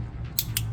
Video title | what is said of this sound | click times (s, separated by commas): 2005 Tundra - A750E Misc Wiring Fixes PT10 | and that just clicks right into place all right | 0.4 s, 0.6 s